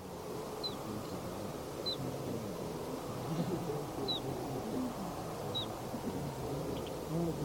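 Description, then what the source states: Ortolan bunting flight calls: a few soft, short, high downslurred notes at irregular intervals over a steady low rumble. Migrating birds in flight in Mongolia; three call types: soft 'tju', 'plätt' and a few 'sli' calls.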